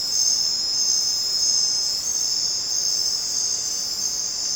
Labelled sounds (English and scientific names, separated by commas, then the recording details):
none
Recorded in dense forest near Puerto Asís, Putumayo, Colombia, on 29 June 2025 at 21:30
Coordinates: 0.484, -76.317
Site G045